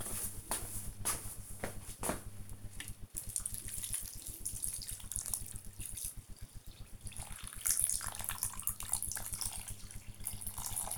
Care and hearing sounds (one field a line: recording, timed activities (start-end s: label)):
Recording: household activities, microphone on the right wrist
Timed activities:
0.00-10.98 s: watering plant